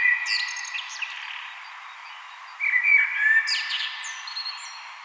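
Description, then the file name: Common blackbird song, the tail of one phrase then a full mellow fluted warble that ends in thin, squeaky high notes. "Turdus merula"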